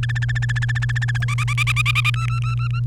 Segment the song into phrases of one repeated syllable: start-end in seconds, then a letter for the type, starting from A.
0.03-1.24 A, 1.28-2.10 B, 2.14-2.80 C